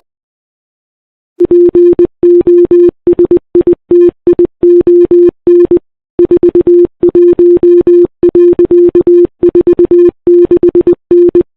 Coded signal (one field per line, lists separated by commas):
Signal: Morse code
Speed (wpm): 20 wpm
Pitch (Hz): 350 Hz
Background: none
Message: POSITION 41.46N